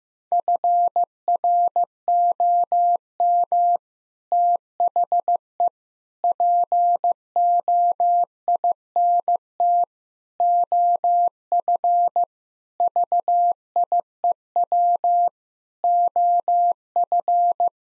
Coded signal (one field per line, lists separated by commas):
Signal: Morse code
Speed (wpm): 15 wpm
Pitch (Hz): 700 Hz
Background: none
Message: FROM THE POINT OF VIEW OF